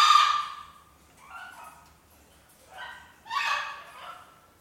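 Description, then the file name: Bird uttering a sharp squawk followed by softer, lower chattering calls and one more harsh burst near the end. Birds in an indoor birdcage. "indoor birdcage birds"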